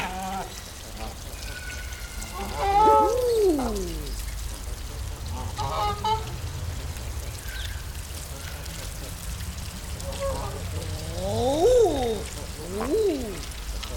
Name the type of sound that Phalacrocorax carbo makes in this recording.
call